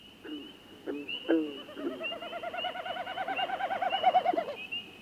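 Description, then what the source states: Common snipe winnowing: a rapid pulsed series of hollow, tremulous notes that builds and swells, over a steady high trilling chorus and a few low croaking calls. Male winnowing during courtship flight dives, sound made by spread tail feathers; heard overhead at night in a moonlit northern marsh with frogs calling; flights at dusk or all night under bright moon.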